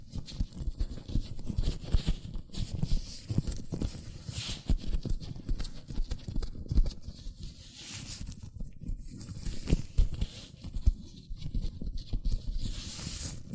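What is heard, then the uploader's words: Hands move inside latex gloves, making a dense, uneven run of soft rubbery thumps, taps and rustles throughout. Brighter squeaky swishes rise out of it now and then, near 4, 8 and 13 seconds, with sharper taps scattered between. ASMR Latex Gloves Hand Sounds (No Talking).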